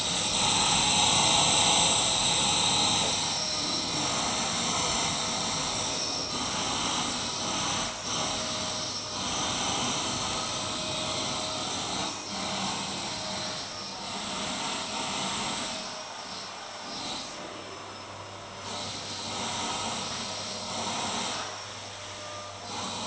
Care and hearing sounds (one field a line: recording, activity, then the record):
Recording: daily activity, microphone in the room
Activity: vacuum cleaning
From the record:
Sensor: 3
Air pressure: 999.2 hPa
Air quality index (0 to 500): 203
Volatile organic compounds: 50 ppm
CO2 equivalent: 3301 ppm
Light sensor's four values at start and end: 7/17/7/6 and 7/17/7/6